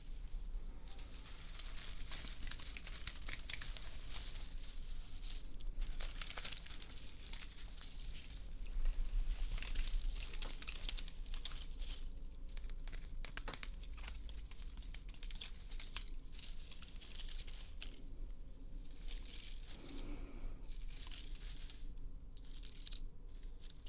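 Soft scratching and tapping run through the whole stretch, with crinkly, crumpling textures rising and fading in uneven bursts. A steady low hum sits underneath, and the sounds grow busier around nine to ten seconds, with a single sharp tap near sixteen seconds.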